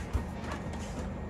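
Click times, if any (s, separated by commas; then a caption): none. A pull-out TV swing-out mount in an RV is pushed back in toward its stowed position for travel, with low rumbling handling noise and a brief low thump near 0.2 s. The latch has not clicked and the mount has not seated yet.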